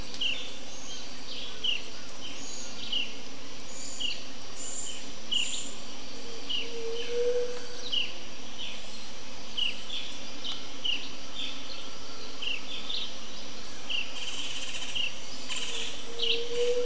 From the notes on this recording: The morning insects give way to the morning dawn chorus of birds